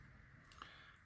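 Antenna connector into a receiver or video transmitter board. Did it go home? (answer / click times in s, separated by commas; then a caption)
yes / 0.6 s. A small antenna connector is pressed onto its socket on a receiver or video transmitter board while building a quadcopter. After a soft rustle, a faint, sharp click is heard at 0.6 seconds as the connector snaps into place and seats.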